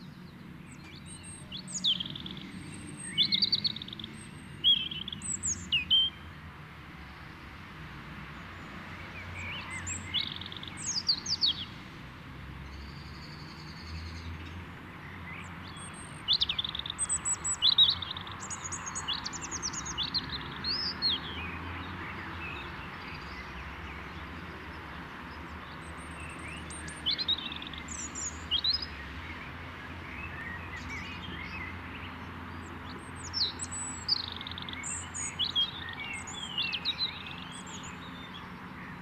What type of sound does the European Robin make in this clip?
song